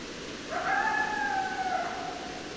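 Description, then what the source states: Coyote howl, a single drawn-out tone lasting over a second, holding steady then sliding slightly down, over a constant background hiss. More than one coyote, recorded 10 December 2012.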